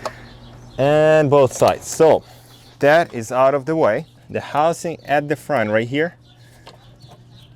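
Someone talks while handling the front intake housing, which clips onto the plenum of a BMW M3 S65 engine (E90–E93). Over a steady low hum, the front section of the housing is being worked toward its clip, but nothing has seated or clicked yet.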